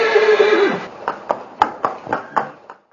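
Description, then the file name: Horse neigh: a loud steady tone that breaks into a series of about eight shaking pulses, fading away over two seconds. Konik horse. "koniki"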